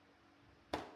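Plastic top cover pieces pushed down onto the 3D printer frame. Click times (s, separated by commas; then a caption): 0.7 s. Plastic top cover pieces on an FLSUN T1 Pro delta 3D printer frame are pushed down after the top is fitted, closing the gaps. After a quiet low hum, a single sharp click sounds at 0.7 s with a brief decaying tail. The pieces click into place and are secure.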